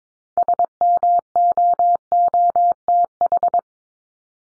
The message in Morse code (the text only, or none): SMOOTH